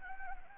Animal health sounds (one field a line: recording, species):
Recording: mosquito wingbeat signal from an infrared sensor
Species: Anopheles gambiae